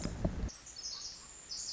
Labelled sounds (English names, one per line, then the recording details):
Pacific Wren
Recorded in Sonoma County, California